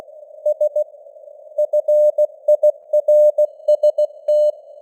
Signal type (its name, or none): Morse code